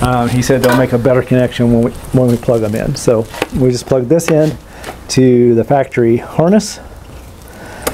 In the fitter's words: You heard it pop in.